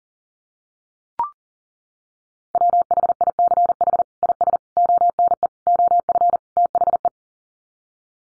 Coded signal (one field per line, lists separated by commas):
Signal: Morse code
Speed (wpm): 40 wpm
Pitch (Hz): 700 Hz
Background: none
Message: WHICH IS ONE OF THE